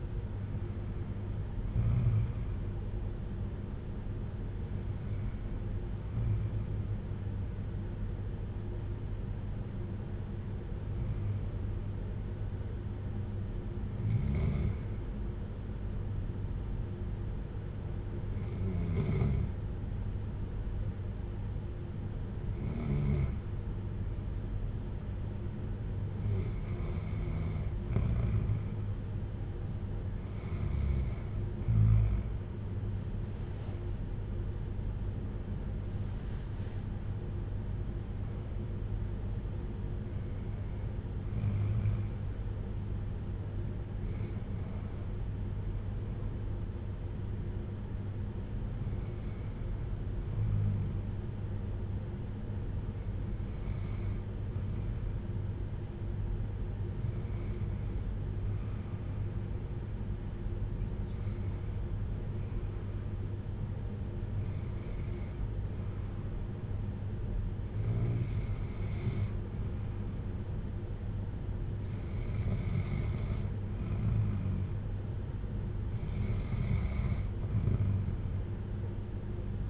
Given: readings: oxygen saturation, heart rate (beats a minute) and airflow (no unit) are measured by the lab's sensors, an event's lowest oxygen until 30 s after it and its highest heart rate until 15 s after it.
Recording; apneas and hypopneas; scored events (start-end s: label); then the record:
breathing in sleep by a smartphone at the bedside; 2
6.00-29.10 s: hypopnea (N2, oxygen 96% highest, then 91% lowest, heart rate 54 at the start, 66 highest)
52.00-73.30 s: hypopnea (N2, oxygen 95% highest, then 92% lowest, heart rate 56 at the start, 62 highest)
From the record:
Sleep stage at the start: N2 (light sleep); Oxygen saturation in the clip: 89 to 96%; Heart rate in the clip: 53 to 66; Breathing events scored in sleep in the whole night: 310 in 8.1 hours asleep